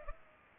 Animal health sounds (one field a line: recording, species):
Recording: mosquito wingbeat signal from an infrared sensor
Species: Culex pipiens